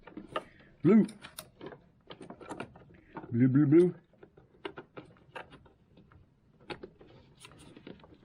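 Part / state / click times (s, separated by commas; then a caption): wiring harness connector into the TIPM module / not seated / none. While swapping in a used TIPM (fuse/relay module) on a 2008 Dodge Caliber whose OBD2 port is not communicating with a code reader, a colour-coded wiring harness connector is handled and positioned at the module, with light plastic taps and rattles scattered through the clip. Someone talks throughout. Nothing has seated or clicked into the module yet.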